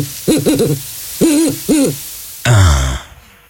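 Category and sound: bird, owl hooting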